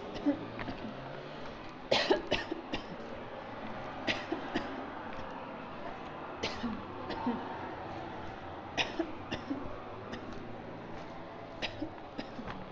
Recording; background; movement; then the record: voluntary coughing; traffic; walking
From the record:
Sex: female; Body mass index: 25.5 kg/m2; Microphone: on the chest, facing outward